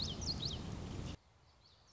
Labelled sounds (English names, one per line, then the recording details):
Common Yellowthroat
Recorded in Sonoma County, California